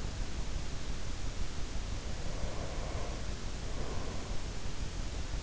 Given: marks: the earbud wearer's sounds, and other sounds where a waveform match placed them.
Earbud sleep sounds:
sounds in sleep by an in-ear microphone; breath
1.88-4.57 s: breath

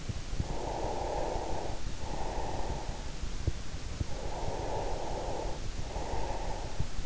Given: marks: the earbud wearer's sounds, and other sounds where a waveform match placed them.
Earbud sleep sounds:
sounds in sleep by an in-ear microphone; breath
0.57-3.17 s: breath
3.82-7.06 s: breath

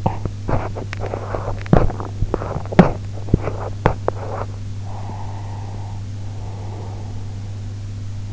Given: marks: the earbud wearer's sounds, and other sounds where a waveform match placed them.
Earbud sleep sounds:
sounds in sleep by an in-ear microphone; teeth grinding, breath
0.00-4.95 s: teeth grinding
4.82-7.69 s: breath

